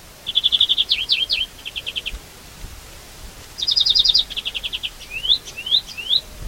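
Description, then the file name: European greenfinch song: rapid rattling trills and twangy notes in two bursts, ending with rising slurred whistles. "Chloris chloris"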